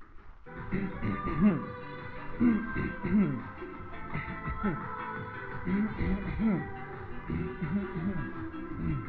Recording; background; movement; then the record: throat clearing; music; walking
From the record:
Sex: male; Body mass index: 21.0 kg/m2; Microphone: on the chest, facing the body